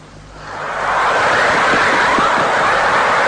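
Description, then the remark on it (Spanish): Radio recording of the natural emissions of an aurora borealis, made in Alaska during a storm in 1995, of the kind called a chorus: a rushing, static-like hiss that swells up over the first second, then holds steady and loud, with faint chirps buried in the noise and no voices. “El sonido que nos llega desde una aurora boreal, sonido obtenido en Alaska en mitad de una tormenta.”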